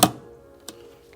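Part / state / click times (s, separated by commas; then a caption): sliding acrylic lid with magnets on a small insect enclosure / seated / 0.0 s, 0.7 s. A sliding acrylic lid with built-in magnets is pushed closed on a small insect enclosure. A sharp, bright click sounds at 0.0 s, and a second, quieter click follows at 0.7 s. The magnets snap the lid shut and it is seated in place.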